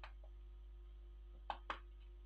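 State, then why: Seated. A touchpad ribbon cable is pushed by hand into its socket on the main board of a Framework 13 laptop. After a faint tap near the start and a quiet stretch, two sharp clicks sound at 1.5 and 1.7 seconds. The connector is seated in place.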